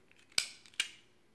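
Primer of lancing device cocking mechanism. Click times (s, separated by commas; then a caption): 0.4 s. The plastic primer of a Bayer lancing device is pulled down to cock it, and it latches with a sharp click at 0.4 s, so the device is cocked. A second sharp click follows at about 0.8 s, with faint ticks before and between the two.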